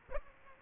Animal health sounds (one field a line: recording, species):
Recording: mosquito wingbeat signal from an infrared sensor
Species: Aedes aegypti